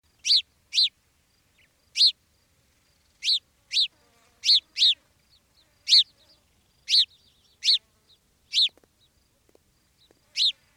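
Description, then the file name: House sparrow chirps, short harsh notes given singly or in quick pairs, about a dozen throughout, with quiet gaps between and no other clear sounds. "Passer domesticus"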